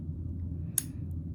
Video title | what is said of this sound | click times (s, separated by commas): Fall Quilt 2020 - New Dynamic Walking Foot and More - Video 12 | You can see it gently snaps in place. | 0.8 s